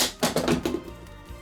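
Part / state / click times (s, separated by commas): spring-loaded legs into action figure body / not seated / none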